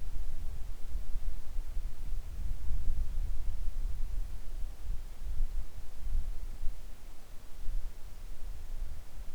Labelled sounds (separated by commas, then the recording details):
wind
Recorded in the Arctic National Wildlife Refuge, Alaska, on 3 August 2019 at 10:39
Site 41